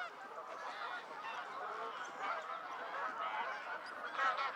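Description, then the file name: Goose calls, a blurred mass of nasal honks running together under a steady hiss. Several geese calling in flight. "freesound Flying geese"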